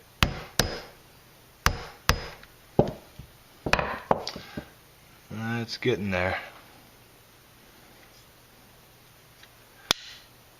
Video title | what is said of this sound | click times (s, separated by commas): Mazda 626/MX3/MX6 - Chrome Door Handle Upgrade | alright do you hear that snap that snap was the spring unloading | 9.9 s